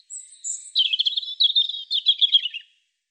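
European robin song: a few thin high whistles, then a quick tumbling warble of sweet, trilled notes, clean background.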